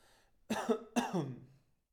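Two quick coughs from an adult about half a second apart, each a sharp burst that trails off into a short voiced, throaty tail. A plain cough in a quiet room, with no wheeze or rattle.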